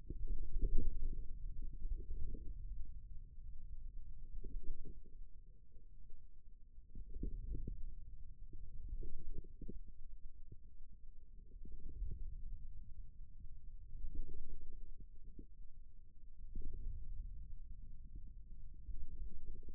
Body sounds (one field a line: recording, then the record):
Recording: forearm muscle sounds (acoustic myography)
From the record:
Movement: wrist extension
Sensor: system 2, bracelet of six BSWA MPA416 microphones around the upper forearm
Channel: 4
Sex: male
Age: 22 years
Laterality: right